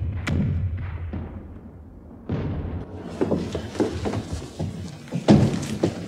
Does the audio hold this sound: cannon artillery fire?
yes